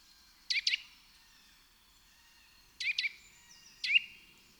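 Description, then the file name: Eurasian nuthatch calls: sharp, high clicking notes given in quick pairs, then a pause of about two seconds before another pair and a single note, over quiet background hiss. "Sitta europaea"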